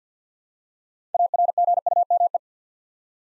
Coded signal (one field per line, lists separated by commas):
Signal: Morse code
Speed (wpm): 48 wpm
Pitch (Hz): 700 Hz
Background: none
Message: ARGUME